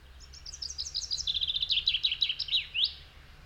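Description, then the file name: Common chaffinch song: a bright, rattling phrase that descends through quick trilled notes and ends in a sharp rising flourish, over faint low background hum. "Fringilla coelebs"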